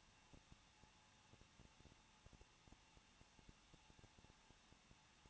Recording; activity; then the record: daily activity, microphone in the room; no activity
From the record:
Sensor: 1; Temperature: 20.1 degrees Celsius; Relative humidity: 39.1%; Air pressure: 1006.4 hPa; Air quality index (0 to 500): 216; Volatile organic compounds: 74 ppm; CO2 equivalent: 3552 ppm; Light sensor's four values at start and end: 1/2/1/1 and 1/2/1/1